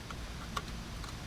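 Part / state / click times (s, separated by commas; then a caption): plastic shifter trim piece tabs into console / seated / 0.6 s. A plastic shifter trim piece with tabs and a lip is pressed down into the console of a 2007-2011 GT500 during an MGW shifter install. A faint tick at 0.1 s comes before a sharp, short click at 0.6 s as the trim tab pops into place, and the piece is seated.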